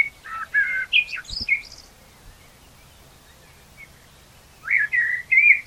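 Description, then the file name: Common blackbird giving a burst of varied whistled and warbled phrases, then about three seconds of quiet, then another short warbling phrase. "Turdus merula"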